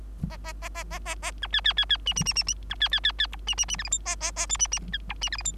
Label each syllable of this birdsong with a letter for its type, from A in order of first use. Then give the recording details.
A A A A A A A B C C C C D D D D D B C C C C E D D D F G H A A A I D D E D F G H. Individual Bird3